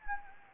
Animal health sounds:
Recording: mosquito wingbeat signal from an infrared sensor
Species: Anopheles gambiae

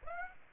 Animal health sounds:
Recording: mosquito wingbeat signal from an infrared sensor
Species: Aedes aegypti

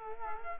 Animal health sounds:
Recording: mosquito wingbeat signal from an infrared sensor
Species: Culex quinquefasciatus

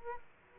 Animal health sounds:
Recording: mosquito wingbeat signal from an infrared sensor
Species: Aedes aegypti

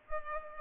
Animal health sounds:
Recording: mosquito wingbeat signal from an infrared sensor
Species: Culex pipiens

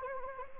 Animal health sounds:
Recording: mosquito wingbeat signal from an infrared sensor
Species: Anopheles arabiensis

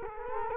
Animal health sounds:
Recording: mosquito wingbeat signal from an infrared sensor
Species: Culex quinquefasciatus

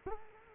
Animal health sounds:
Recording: mosquito wingbeat signal from an infrared sensor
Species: Culex quinquefasciatus

